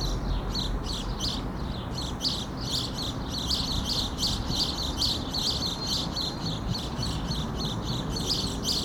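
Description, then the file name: House sparrow chirping, busy repeated bright chirps throughout without a break, set against a continuous low rumbling background. "Passer domesticus"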